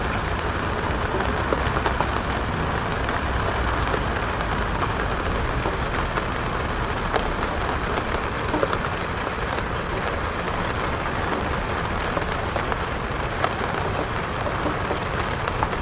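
Rain falls steadily on a city rooftop, a dense, even patter with a soft constant hiss and frequent small crisp drop ticks. Beneath it runs a low rumble from traffic on the wet roads below, holding level through the whole stretch.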